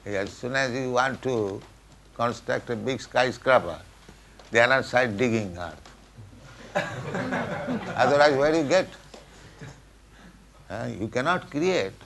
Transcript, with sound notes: As soon as you want to construct a big skyscraper, the another side, digging earth. [laughter] Otherwise, where you get? You cannot create.